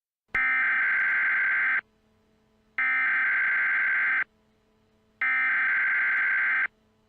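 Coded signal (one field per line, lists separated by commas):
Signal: Emergency Alert System (SAME) tones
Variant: header bursts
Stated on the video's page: Mock airplane-disaster EAS alert, a remade simulation.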